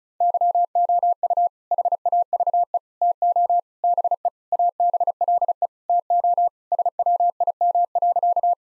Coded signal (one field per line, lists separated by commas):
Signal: Morse code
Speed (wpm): 34 wpm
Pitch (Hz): 700 Hz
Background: none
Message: YOU HAVE TO BE ABLE TO SWIM.